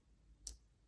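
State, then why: Seated. A security pusher guard on a second watch is snapped down into place, making one short, sharp click at 0.5 s over a quiet background. The guard is seated firmly.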